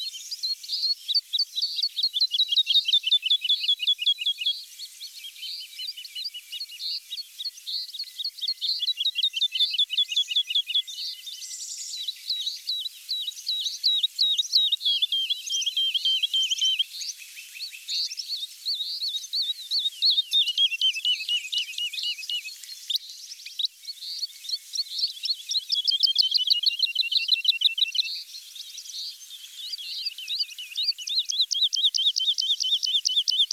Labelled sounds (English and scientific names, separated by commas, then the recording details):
Wood Lark (Lullula arborea) song
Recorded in the wild
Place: St. Laurent des Arbres und Umgebung, FR
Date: 2008-05-16
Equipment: MiniDisc Sharp MT 20 H
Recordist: Schwarz, Dieter